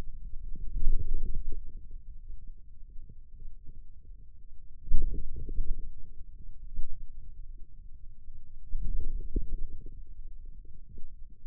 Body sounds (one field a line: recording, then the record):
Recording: forearm muscle sounds (acoustic myography)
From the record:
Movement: outward rotation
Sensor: system 2, bracelet of six BSWA MPA416 microphones around the upper forearm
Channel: 2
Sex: male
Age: 22 years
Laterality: right